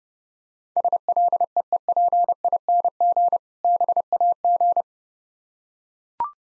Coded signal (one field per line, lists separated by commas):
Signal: Morse code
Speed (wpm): 30 wpm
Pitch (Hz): 700 Hz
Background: none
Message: SLEEPING BAG